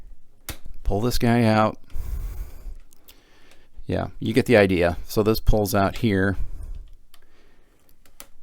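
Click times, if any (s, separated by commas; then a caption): 8.2 s. A removable plastic cover panel on the front of a Sanyo Betamax VCR is pulled out and then pushed back into its slot while someone talks, with light plastic clicks and taps scattered through the quieter stretches. The panel snaps into place at 8.2 s, where it stays on once seated.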